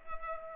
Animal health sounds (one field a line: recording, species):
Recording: mosquito wingbeat signal from an infrared sensor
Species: Culex pipiens